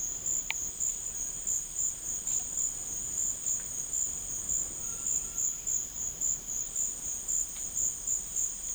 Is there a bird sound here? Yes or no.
no